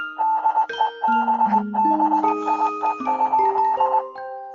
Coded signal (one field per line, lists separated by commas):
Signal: Morse code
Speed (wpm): 20 wpm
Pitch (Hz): 880 Hz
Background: music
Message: DEBBIE?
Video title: The girl who speaks morse code (GLMM)